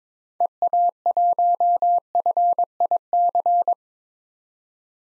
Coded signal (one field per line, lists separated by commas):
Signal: Morse code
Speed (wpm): 22 wpm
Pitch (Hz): 700 Hz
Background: none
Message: EA1FIC